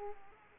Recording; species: mosquito wingbeat signal from an infrared sensor; Aedes aegypti